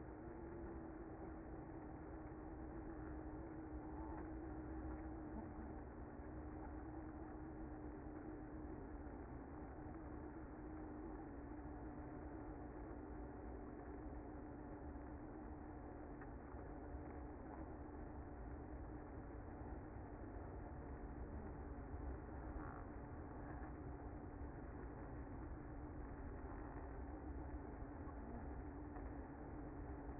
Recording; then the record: honeybee colony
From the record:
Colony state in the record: active